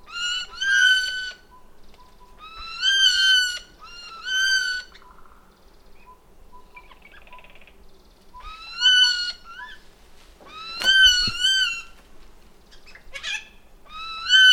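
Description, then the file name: Eurasian jay giving clear, mewing calls with rich harmonics, repeated in irregular bursts against a quiet background. "Garrulus glandarius"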